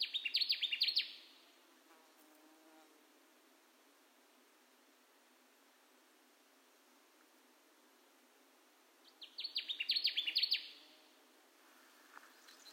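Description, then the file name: Connecticut warbler singing two bursts of rapid, emphatic notes, the second arriving about nine seconds after the first. Recorded 10 June 2021; nine songs in the recording. "2021-06-10 Connecticut Warbler 9 songs"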